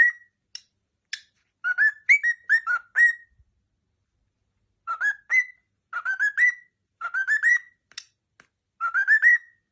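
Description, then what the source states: Cockatiel song of short rising whistles in tight clusters, separated by silent gaps and a few sharp clicks. Several cockatiels singing and whistling.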